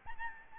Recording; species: mosquito wingbeat signal from an infrared sensor; Aedes albopictus